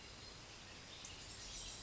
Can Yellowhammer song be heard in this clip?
no